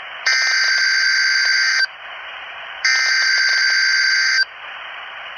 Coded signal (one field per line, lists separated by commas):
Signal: Emergency Alert System (SAME) tones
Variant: header bursts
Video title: Severe T-Storm Watch 332 | EAS #80